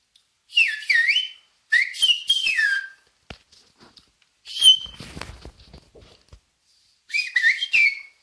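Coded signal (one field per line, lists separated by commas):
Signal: whistled language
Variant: Silbo Gomero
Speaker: and the Canary Islands whistling language, which in Spanish is known as "el silbo".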